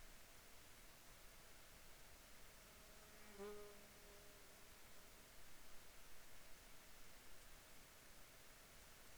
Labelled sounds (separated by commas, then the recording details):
insects
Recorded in Ivvavik National Park, Yukon, on 12 July 2019 at 07:21
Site SINP10